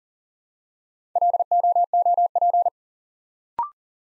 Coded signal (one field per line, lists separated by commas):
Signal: Morse code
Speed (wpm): 38 wpm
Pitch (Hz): 700 Hz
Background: none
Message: LOOP